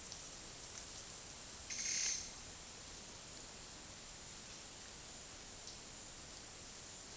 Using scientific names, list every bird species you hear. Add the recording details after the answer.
none. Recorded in secondary vegetation near Puerto Asís, Putumayo, Colombia, on 20 February 2024 at 11:30. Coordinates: 0.468, -76.324. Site G6381